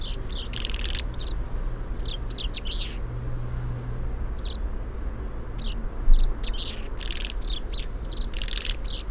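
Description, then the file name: Common chaffinch calls: scattered sharp chips in short groups, interspersed with brief thin high whistles, over a constant low hum. "Fringilla coelebs"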